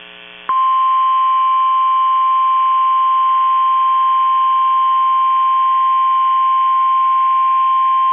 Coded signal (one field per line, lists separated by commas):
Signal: Emergency Alert System (SAME) tones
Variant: 1050 Hz attention tone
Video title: FLASH FLOOD WAENING FOR BOSTON MASSACHUSETTS (REAL EAS)